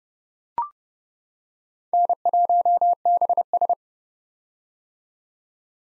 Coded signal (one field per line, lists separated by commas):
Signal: Morse code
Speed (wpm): 32 wpm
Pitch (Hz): 700 Hz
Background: none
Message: N1BS